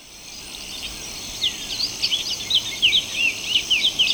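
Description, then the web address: Black-billed Seed-Finch song: a rapid, high warbled run of slurred whistled notes that swells in strength after a quiet start, over a steady high insect hum. Recorded in Ecuador. "S America Birds of Ecuador. Black-billed Seed-Finch"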